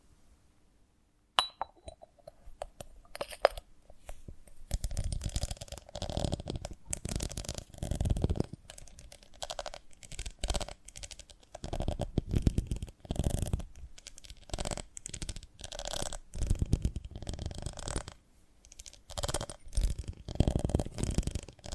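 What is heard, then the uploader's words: Sticky crackling and soft tearing as a honeycomb on a branch is handled, with bursts of wet, crunchy sound coming in quick irregular clusters. After a near-silent start and a sharp click, the activity grows dense and keeps pulsing through the clip, with brief pauses between bursts. ASMR of a Honeycomb on Branch (No Talking).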